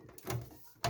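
An Nvidia GTX 1080 graphics card is pushed down into the motherboard's PCIe x16 slot. Soft scraping and rubbing build to a broad thud around 0.3 s, then the slot's retention latch gives a sharp, bright click at 0.9 s. The card is seated.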